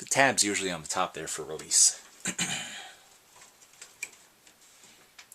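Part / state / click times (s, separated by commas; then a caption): latching drive/power cable connector into its socket / seated / 4.0 s, 5.3 s. A latching drive/power cable connector with a metal release tab on top is plugged into its socket without looking, the tab on top for release. Someone talks at first, then sharp ticks follow as the connector clicks into place at 4.0 s and 5.3 s, and it is seated.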